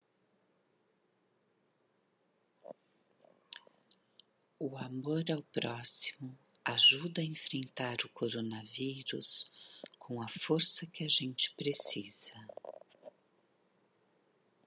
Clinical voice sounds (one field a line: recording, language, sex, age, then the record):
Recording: spoken sentence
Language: Brazilian Portuguese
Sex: female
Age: 50 to 59 years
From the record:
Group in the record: control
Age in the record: 54 years